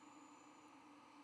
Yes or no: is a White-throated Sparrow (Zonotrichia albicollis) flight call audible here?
no